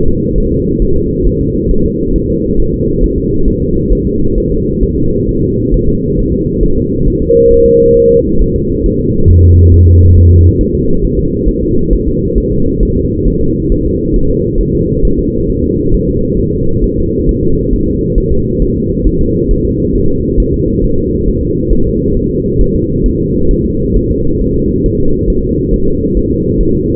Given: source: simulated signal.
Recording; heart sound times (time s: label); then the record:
fetal heart sounds
0.08 s: S2
0.38 s: S1
0.52 s: S2
0.82 s: S1
0.96 s: S2
1.27 s: S1
1.41 s: S2
1.71 s: S1
1.86 s: S2
2.16 s: S1
2.30 s: S2
2.60 s: S1
2.74 s: S2
3.04 s: S1
3.18 s: S2
3.48 s: S1
3.62 s: S2
3.92 s: S1
4.07 s: S2
4.38 s: S1
4.52 s: S2
4.83 s: S1
4.98 s: S2
5.29 s: S1
5.43 s: S2
5.74 s: S1
5.89 s: S2
6.19 s: S1
6.33 s: S2
6.63 s: S1
6.78 s: S2
7.08 s: S1
7.22 s: S2
7.52 s: S1
7.66 s: S2
7.97 s: S1
8.11 s: S2
8.42 s: S1
8.56 s: S2
8.86 s: S1
9.01 s: S2
9.31 s: S1
9.45 s: S2
9.74 s: S1
9.88 s: S2
10.18 s: S1
10.32 s: S2
10.61 s: S1
10.75 s: S2
11.05 s: S1
11.19 s: S2
11.49 s: S1
11.63 s: S2
11.93 s: S1
12.07 s: S2
12.38 s: S1
12.52 s: S2
12.83 s: S1
12.97 s: S2
13.28 s: S1
13.42 s: S2
13.72 s: S1
13.86 s: S2
14.16 s: S1
14.31 s: S2
14.61 s: S1
14.75 s: S2
15.05 s: S1
15.19 s: S2
15.50 s: S1
15.64 s: S2
15.94 s: S1
16.09 s: S2
16.39 s: S1
16.54 s: S2
16.84 s: S1
16.98 s: S2
17.29 s: S1
17.43 s: S2
17.73 s: S1
17.88 s: S2
18.18 s: S1
18.32 s: S2
18.62 s: S1
18.76 s: S2
19.07 s: S1
19.21 s: S2
19.51 s: S1
19.65 s: S2
19.96 s: S1
20.10 s: S2
20.40 s: S1
20.54 s: S2
20.84 s: S1
20.98 s: S2
21.29 s: S1
21.43 s: S2
21.73 s: S1
21.87 s: S2
22.17 s: S1
22.31 s: S2
22.61 s: S1
22.75 s: S2
23.06 s: S1
23.20 s: S2
23.51 s: S1
23.65 s: S2
23.97 s: S1
24.11 s: S2
24.42 s: S1
24.56 s: S2
24.86 s: S1
25.00 s: S2
25.30 s: S1
25.44 s: S2
25.74 s: S1
25.88 s: S2
26.17 s: S1
26.31 s: S2
26.61 s: S1
26.75 s: S2
From the record:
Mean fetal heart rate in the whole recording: 135 bpm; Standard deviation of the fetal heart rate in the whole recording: 3 bpm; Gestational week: 36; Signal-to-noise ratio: -16.4 dB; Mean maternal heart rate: 72 bpm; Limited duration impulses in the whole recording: present